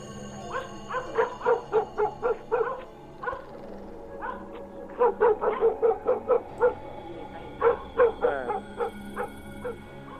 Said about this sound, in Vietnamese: Ở xung quanh, tiếng chó cứ sủa ầm ĩ cả lên, rồi chó tru dài rộn ràng cả xóm, tạo lên cái thứ âm thanh hỗn độn đến khó chịu.